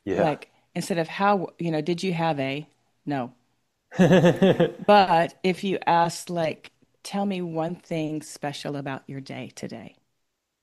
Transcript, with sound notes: Like, instead of, "How w- you know, did you have a ..." "No."
(laughs)
But if you ask, like, "Tell me one thing special about your day today,"